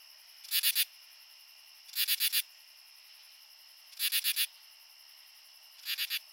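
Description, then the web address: Common true katydid calls: four scratchy groups of three or four quick raspy pulses, spaced about two seconds apart, over continuous high-pitched insect drone. Male calls. "Crickets and Katydids. Pteryphylla camellifolia, male calls"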